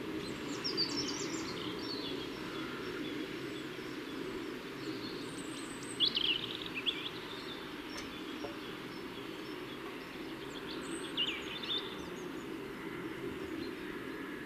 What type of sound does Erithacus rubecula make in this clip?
song